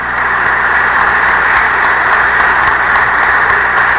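A crowd applauds steadily in honour of Jesus, the Sacred Heart: a dense, continuous wash of many hands clapping at an even loudness throughout, with no voices rising above it.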